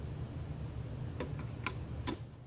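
Two small plastic notches on the underside of the reversal valve on a beer pump in a Bottoms Up draft system are pressed down to release the valve while the pump is being replaced. After a couple of faint ticks, sharp clicks of the latches opening come at 1.7 s and 2.1 s over a low steady hum. The latches click open and the valve is released.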